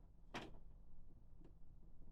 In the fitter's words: so clicked into place there now our bar is standing up